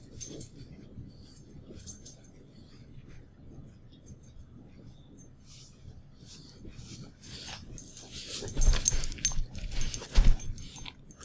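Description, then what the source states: Dogs making low growling and grumbling sounds at play, quiet at first, then louder bursts of rough noise in the last few seconds. Two dogs playing.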